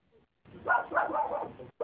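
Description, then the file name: Common raven giving a long, harsh, hoarse barking call, followed by the start of a second rasping call. Raven's call described as barking. "Ugató holló"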